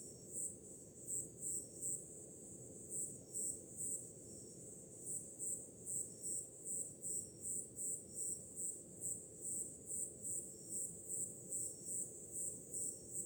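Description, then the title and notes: High cricket chirps repeat steadily, with a brief uneven patch early on, over an unbroken low roar of the sea. Crickets with ocean waves in the background on a summer night. "Som do mar ao fundo, grilos e cigarras em uma noite de verão – Ocean, crickets and cicadas in a summer night"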